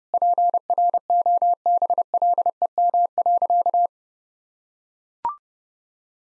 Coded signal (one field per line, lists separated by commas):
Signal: Morse code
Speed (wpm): 32 wpm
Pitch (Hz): 700 Hz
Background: none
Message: PROBLEM.